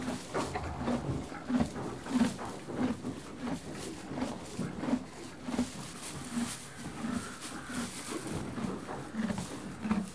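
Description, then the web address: Horse munching hay in a steady run of crunchy chewing sounds, about one and a half per second, with light rustling of hay and movement underneath. "BBC Sound Effects Library. Horses. One horse eating hay, and moving"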